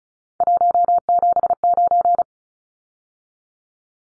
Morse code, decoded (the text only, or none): 179